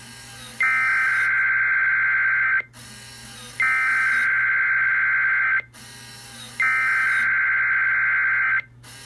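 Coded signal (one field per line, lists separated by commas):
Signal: Emergency Alert System (SAME) tones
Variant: header bursts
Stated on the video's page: NOAA Weather Radio Required Weekly Test relayed through a Sage EAS encoder/decoder.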